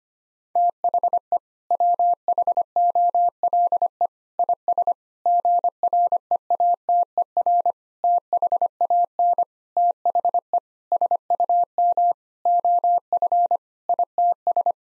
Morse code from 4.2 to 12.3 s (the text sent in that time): IS GREATER THAN THE SUM